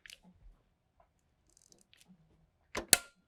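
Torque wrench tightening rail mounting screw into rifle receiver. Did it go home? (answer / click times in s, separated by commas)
yes / 2.9 s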